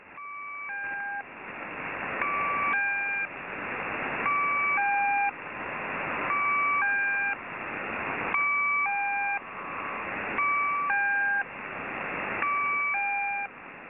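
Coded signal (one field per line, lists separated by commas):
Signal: channel marker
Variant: Squeaky Wheel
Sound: repeated two-note falling buzzy tones about every two seconds between bursts of radio hiss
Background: radio static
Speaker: the squeaky wheel has changed again, from the 3-note rising tone to a 2-note falling tone.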